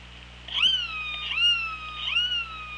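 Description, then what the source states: Killer whale pulsed calls, three rising-then-falling tonal calls with strong harmonics, about one every 0.8 seconds, over steady underwater hum. Recorded by OrcaLab hydrophone on 24 August 2017 at 15:39.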